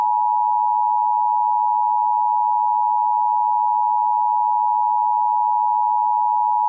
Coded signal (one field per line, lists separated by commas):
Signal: Emergency Alert System (SAME) tones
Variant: 853 and 960 Hz attention tone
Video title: NJ Flash Floods EAS MOCK (READ DESC)